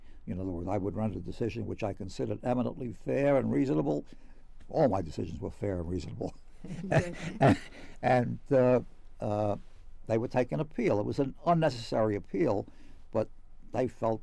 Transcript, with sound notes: In other words, I would render a decision which I considered eminently fair and reasonable. All my decisions were fair and reasonable. [Laughs] And they would take an appeal. It was an unnecessary appeal, but they felt